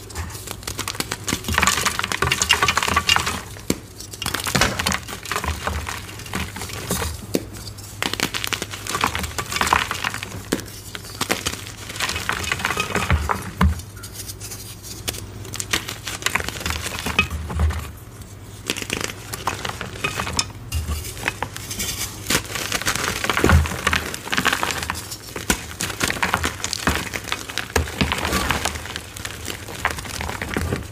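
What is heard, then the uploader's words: Gym chalk mixed with baby oil is crushed, producing a dense, continuous crunching and crackling full of tiny gritty snaps. The texture thins briefly around 8, 14 and 18 seconds before picking up again, over a low steady hum. Baby Oil Gym Chalk Crushing Compilation.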